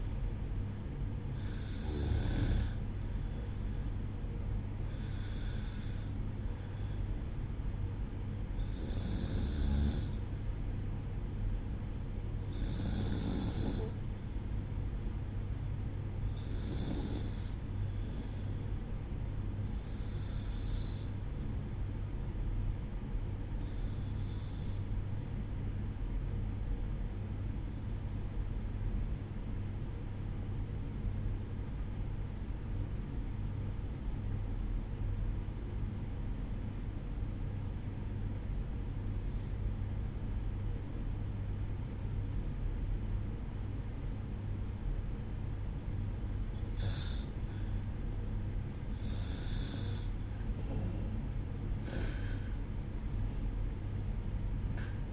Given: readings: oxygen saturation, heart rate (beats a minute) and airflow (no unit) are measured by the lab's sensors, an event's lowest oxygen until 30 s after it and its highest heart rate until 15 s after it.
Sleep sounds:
breathing in sleep by a smartphone at the bedside; 1
7.00-55.13 s: new sleep stage, REM sleep
22.00-46.70 s: obstructive apnea (REM, oxygen 96% highest, then 94% lowest, heart rate 60 at the start, 66 highest)
From the record:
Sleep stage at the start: N1 (lightest sleep); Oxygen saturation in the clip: 93 to 96%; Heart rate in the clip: 59 to 66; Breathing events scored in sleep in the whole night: 305 in 9.6 hours asleep

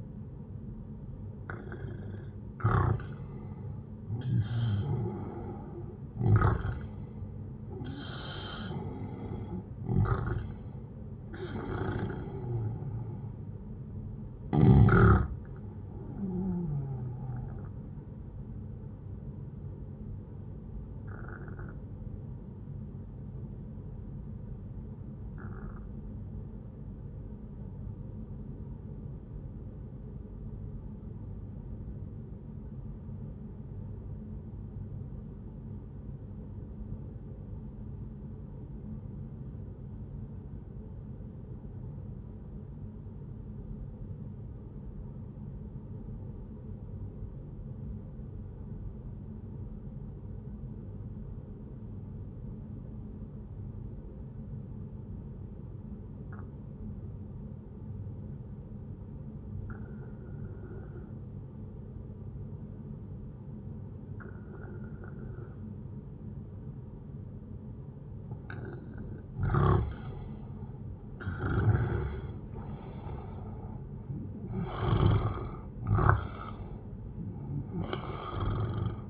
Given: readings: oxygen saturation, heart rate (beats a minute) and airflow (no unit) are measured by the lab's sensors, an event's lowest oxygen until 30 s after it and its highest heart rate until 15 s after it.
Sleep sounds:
breathing in sleep by a smartphone at the bedside; 1
13.00-43.00 s: new sleep stage, N1 (lightest sleep)
22.00-67.70 s: obstructive apnea (N1, oxygen 98% highest, then 89% lowest, heart rate 71 at the start, 80 highest)
43.00-73.00 s: new sleep stage, N2 (light sleep)
73.00-79.10 s: new sleep stage, N1 (lightest sleep)
From the record:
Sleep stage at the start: N2 (light sleep); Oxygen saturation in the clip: 91 to 98%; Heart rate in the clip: 60 to 79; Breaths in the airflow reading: 7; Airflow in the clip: -10.6 to 15.0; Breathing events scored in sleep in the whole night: 131 in 7.2 hours asleep

